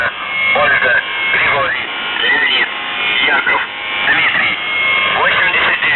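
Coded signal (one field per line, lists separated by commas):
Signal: numbers station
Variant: UVB-76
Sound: a voice speaking over shortwave radio noise with a faint steady tone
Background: radio static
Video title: The Buzzer/UVB-76(4625Khz) April 27th, 2023 Voice messages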